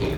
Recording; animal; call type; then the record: contact call of a hoofed animal; pig; closed-mouth grunt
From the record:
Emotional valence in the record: positive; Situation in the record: food and toys in familiar pen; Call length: 0.18 s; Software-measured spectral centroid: 2260 Hz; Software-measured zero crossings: 1240 a second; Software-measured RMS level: -25 dBFS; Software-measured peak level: -13 dBFS